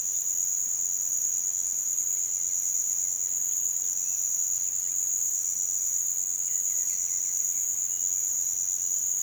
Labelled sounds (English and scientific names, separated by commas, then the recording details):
none
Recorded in pastures near Puerto Asís, Putumayo, Colombia, on 29 June 2025 at 07:30
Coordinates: 0.486, -76.323
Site H29